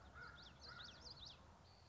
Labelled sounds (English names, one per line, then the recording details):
Common Yellowthroat
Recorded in Sonoma County, California